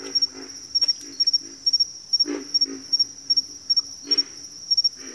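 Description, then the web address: Pig frog grunts: deep, snoring croaks singly and in pairs. A constant shrill, pulsed cricket-like chorus runs underneath. Recorded in a bayou; several pig frogs calling. "Echoes of Nature - Bayou 02 Pig Frogs"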